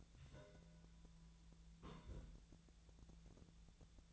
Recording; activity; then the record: daily activity, microphone in the room; place on stove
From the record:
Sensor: 3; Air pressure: 1009.9 hPa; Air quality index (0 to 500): 189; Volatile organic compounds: 14 ppm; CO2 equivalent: 2466 ppm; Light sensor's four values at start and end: 41/102/44/47 and 41/102/44/47